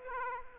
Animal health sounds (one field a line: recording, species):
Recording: mosquito wingbeat signal from an infrared sensor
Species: Aedes aegypti